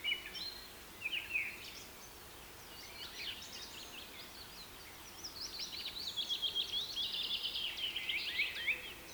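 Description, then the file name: Birds chirping, with scattered high notes leading into a long, steady, fast trill and chatter over the last few seconds. Rain forest habitat. "KPR Sounds - Rain Forest Bird Sounds"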